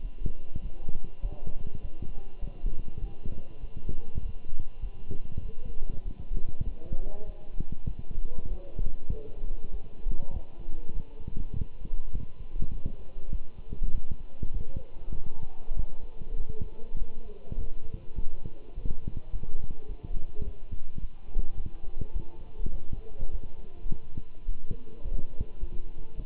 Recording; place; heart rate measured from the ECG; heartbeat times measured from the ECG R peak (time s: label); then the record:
heart sounds by stethoscope; between the tricuspid and mitral areas; 101 bpm
0.02 s: heartbeat
0.62 s: heartbeat
1.22 s: heartbeat
1.81 s: heartbeat
2.41 s: heartbeat
3.01 s: heartbeat
3.61 s: heartbeat
4.22 s: heartbeat
4.82 s: heartbeat
5.42 s: heartbeat
6.04 s: heartbeat
6.66 s: heartbeat
7.26 s: heartbeat
7.88 s: heartbeat
8.49 s: heartbeat
9.10 s: heartbeat
9.72 s: heartbeat
10.33 s: heartbeat
10.94 s: heartbeat
11.54 s: heartbeat
12.13 s: heartbeat
12.72 s: heartbeat
13.31 s: heartbeat
13.93 s: heartbeat
14.53 s: heartbeat
15.14 s: heartbeat
15.76 s: heartbeat
16.37 s: heartbeat
16.99 s: heartbeat
17.58 s: heartbeat
18.17 s: heartbeat
18.75 s: heartbeat
19.32 s: heartbeat
19.88 s: heartbeat
20.44 s: heartbeat
21.01 s: heartbeat
21.57 s: heartbeat
22.13 s: heartbeat
22.72 s: heartbeat
23.31 s: heartbeat
23.90 s: heartbeat
24.47 s: heartbeat
25.03 s: heartbeat
25.60 s: heartbeat
26.16 s: heartbeat
From the record:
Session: walking at 3.7 km/h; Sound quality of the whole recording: good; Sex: male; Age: 24 years